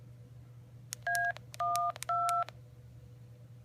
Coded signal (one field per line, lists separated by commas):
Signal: DTMF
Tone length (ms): 320 ms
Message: A12